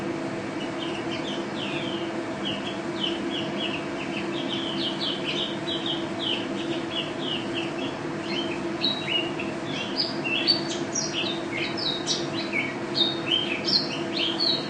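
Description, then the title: White-eye song: a steady run of high, quick chirps and short twittering notes, growing busier toward the end, over a constant low hum. Contest bird, first-place national champion, singing constantly in ropel style with canary song imitations (isian kenari); video from 2015. "Pleci Juara 1 Nasional pleci Gacor juara nasional teler gacor ropel pleci isian kenari Video 2015"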